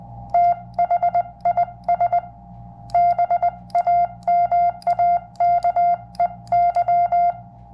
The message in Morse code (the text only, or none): THIS BAMAKEY